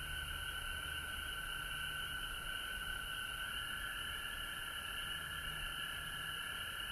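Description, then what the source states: Chorus of frogs giving continuous overlapping trills in two bands, steady throughout, over a low background hum. Recorded at home in Georgia on March 19, 2020.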